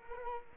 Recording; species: mosquito wingbeat signal from an infrared sensor; Culex quinquefasciatus